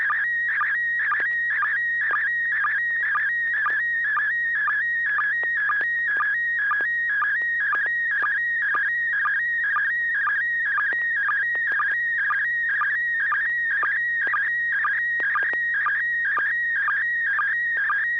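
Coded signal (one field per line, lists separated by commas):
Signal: SSTV (slow-scan television)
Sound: steady warbling tone around 1.7-1.9 kHz, chirping dips about twice a second throughout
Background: low hum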